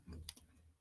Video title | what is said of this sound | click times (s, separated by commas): Too Faced And CoverGirl Review | it clicks into place i like that | 0.3 s